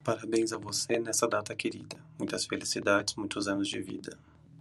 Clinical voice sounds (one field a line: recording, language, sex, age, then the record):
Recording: short text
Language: Brazilian Portuguese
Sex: male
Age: 30 to 39 years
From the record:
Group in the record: control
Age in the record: 32 years